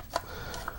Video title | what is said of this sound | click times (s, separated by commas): 1987 Battle Force 2000 Dodger Marauder Knockdown Sky Sweeper G.I. Joe review (2 of 4) | they slide in and lock into place and | 0.2 s, 0.7 s